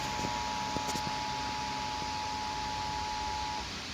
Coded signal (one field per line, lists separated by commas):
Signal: Emergency Alert System (SAME) tones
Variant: 853 and 960 Hz attention tone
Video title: EAS Severe Thunderstorm Warning #2 - 07/26/2019